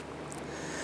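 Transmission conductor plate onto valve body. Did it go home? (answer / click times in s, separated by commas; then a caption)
yes / 0.3 s, 0.4 s. The opposite side of a transmission conductor plate on a 2005-2010 Chrysler 300 is pressed onto the valve body so it pops into place. Two short, bright clicks are heard at 0.3 s and 0.4 s over a steady low background. The conductor plate is seated and installed.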